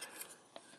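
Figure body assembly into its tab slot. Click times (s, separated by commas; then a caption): 0.6 s. A plastic transforming-figure body assembly is swung down and tabbed into its slot. Faint rubbing and handling noise is followed by a single sharp click at 0.6 s as the assembly locks into place.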